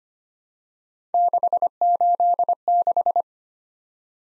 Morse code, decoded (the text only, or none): 686